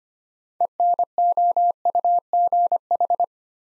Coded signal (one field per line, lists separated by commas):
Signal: Morse code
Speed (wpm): 25 wpm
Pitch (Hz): 700 Hz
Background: none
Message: ENOUGH